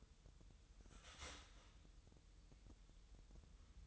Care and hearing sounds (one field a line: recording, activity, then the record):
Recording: daily activity, microphone in the room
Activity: start toaster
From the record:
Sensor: 3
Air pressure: 988.6 hPa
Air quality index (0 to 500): 195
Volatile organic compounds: 309 ppm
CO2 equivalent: 4500 ppm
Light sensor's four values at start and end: 23/72/30/26 and 23/72/30/26